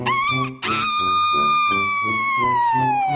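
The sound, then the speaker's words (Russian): A rooster crows loudly and piercingly early in the morning beside a cuckoo clock, in a Pettson and Findus story: a short opening note, a brief gap, then one long, shrill, drawn-out call that slowly sinks in pitch, over a steady low rhythmic pulse. “Его песня была гораздо громче и пронзительнее, чем раньше.”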